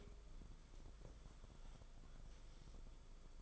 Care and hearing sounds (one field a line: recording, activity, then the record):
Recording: daily activity, microphone in the room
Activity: take from stove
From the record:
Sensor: 5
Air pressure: 994.5 hPa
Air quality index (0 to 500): 189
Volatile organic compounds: 1000 ppm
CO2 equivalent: 5543 ppm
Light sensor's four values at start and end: 43/129/51/56 and 44/135/53/58